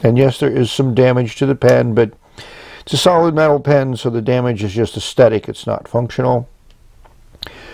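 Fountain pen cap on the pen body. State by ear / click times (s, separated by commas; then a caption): released / 7.4 s. Someone talks about a solid metal Parker Ellipse fountain pen with an 18K nib, made in France, which has some damage to the pen that is only aesthetic, not functional. After the talk stops, the snap-on cap is pulled off the pen body and releases with a single sharp click at 7.4 seconds.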